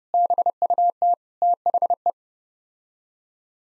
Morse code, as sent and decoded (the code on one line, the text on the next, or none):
-... ..- - / - .... .
BUT THE